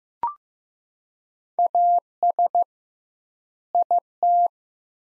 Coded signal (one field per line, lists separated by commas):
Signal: Morse code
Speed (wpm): 15 wpm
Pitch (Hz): 700 Hz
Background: none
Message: AS IT